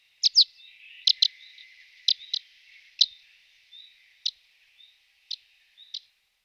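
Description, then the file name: Eurasian crag martin calls: crisp, short chirps, often doubled, given about once a second and fading toward the end, with soft twittering between. "Rondine montana"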